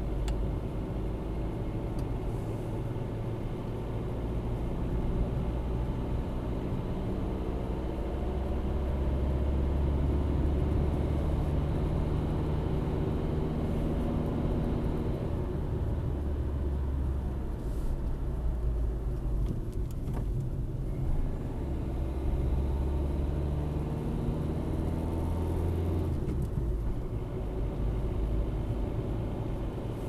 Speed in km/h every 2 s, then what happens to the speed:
39, 42, 42, 42, 43, 47, 56, 55, 51, 50, 50, 41, 40, 41, 41.
0-8 steady at about 42. 8-14 speeds up to 55. 14-30 slows to 41.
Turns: 18-20.